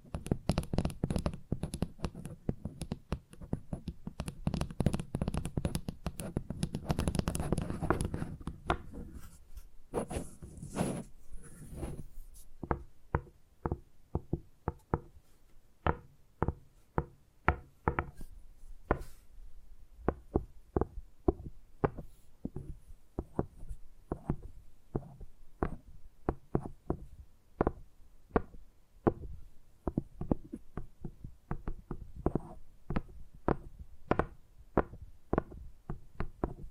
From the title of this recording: Tingly Tapping Sounds